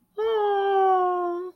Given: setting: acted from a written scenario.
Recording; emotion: vocal sound without words; adoration